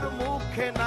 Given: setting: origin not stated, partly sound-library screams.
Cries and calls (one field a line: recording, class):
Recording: one-second piece from a danger detection set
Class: normal situation